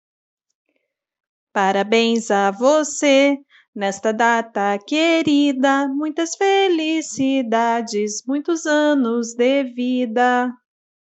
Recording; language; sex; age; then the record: short text; Brazilian Portuguese; female; 30 to 39 years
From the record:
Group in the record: control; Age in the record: 37 years